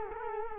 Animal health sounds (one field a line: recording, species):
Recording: mosquito wingbeat signal from an infrared sensor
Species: Culex quinquefasciatus